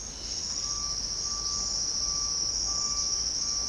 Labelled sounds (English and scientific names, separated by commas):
Cinereous Tinamou (Crypturellus cinereus)